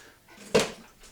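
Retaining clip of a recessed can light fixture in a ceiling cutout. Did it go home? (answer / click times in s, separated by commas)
no / none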